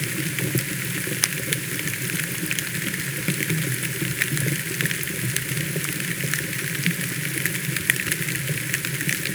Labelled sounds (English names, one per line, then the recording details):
none
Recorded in pastures near Puerto Asís, Putumayo, Colombia, on 29 June 2025 at 13:00
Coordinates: 0.486, -76.323
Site H29